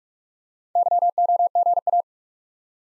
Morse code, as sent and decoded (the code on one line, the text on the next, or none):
-.-- --- --. .-
YOGA